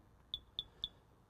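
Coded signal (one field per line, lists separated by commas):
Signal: beep code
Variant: phase identification receiver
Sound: three short high-pitched beeps in quick even succession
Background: faint background hum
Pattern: 3 short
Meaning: Three beeps indicate C phase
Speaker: And notice three beeps. Three beeps. Three flashes of light.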